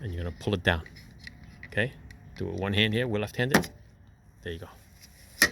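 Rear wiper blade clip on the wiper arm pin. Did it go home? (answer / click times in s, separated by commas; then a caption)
released / 5.4 s. On a Ford Escape, the two sides of the plastic rear wiper blade clip are squeezed together by hand, with no tools, and the blade is pulled down off the wiper arm's pivot pin while someone talks. At 5.4 s a sharp, loud snap is heard as the blade pops off the pin and is released.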